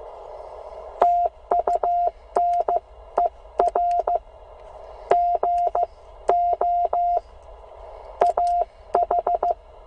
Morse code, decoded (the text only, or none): TUNER G O AH